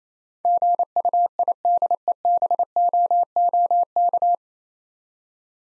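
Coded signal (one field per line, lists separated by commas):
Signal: Morse code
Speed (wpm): 27 wpm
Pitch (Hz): 700 Hz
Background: none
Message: GUIDEBOOK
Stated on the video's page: Morse practice of difficult words at 28 wpm, each preceded by a contextual hint.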